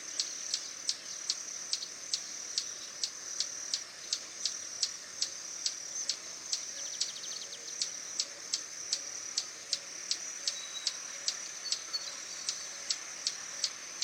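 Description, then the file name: Swallow-tailed hummingbird producing an even series of high, dry chips at a brisk pace, with a continuous high drone underneath. "Canto do beija flor tesoura"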